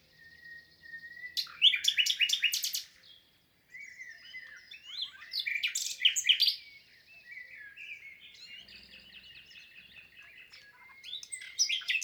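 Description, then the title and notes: Common nightingale singing bursts of loud rapid notes and throaty trills with pauses between phrases, against quiet background noise. Wild bird in song, 22 April 2020, Lesches-en-Diois, France; spring arrival season; recorded amid silence from people, Nagra Seven recorder with MKH8040 stereo microphones. "LE TÉNOR DES LISIÈRES. 22 avril 2020-Lesches en diois. chant du Rossignol Philomène (Luscinia megarhynchos)"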